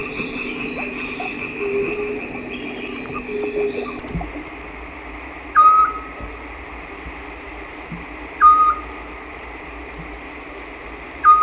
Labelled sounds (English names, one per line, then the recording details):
Eurasian Scops Owl song
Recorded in the wild
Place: Illmitz, AT
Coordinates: 47.7594, 16.7686
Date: 1972-05-01
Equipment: Uher Report 4200, AKG D190C in Doppel-Parabolreflektor
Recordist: Krey, Winfried
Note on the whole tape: Gesang